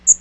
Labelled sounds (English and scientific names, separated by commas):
Magnolia Warbler (Setophaga magnolia) flight call